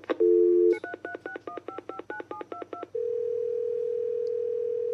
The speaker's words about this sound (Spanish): Bueno, yo marco cualquier número. Capaz me atiende alguien que me pueda ayudar.